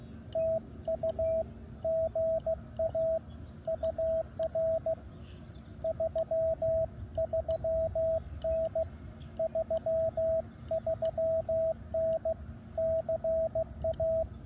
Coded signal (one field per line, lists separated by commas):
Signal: Morse code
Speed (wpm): 15 wpm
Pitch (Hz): 650 Hz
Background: radio noise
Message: TU GA UR 33N 33N CA